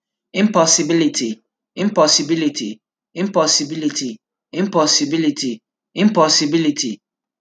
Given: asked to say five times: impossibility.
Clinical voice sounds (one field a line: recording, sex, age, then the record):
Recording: repeated word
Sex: male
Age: 20 to 29 years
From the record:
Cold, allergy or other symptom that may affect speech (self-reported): no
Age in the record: 24 years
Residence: Nevada, United States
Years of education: 14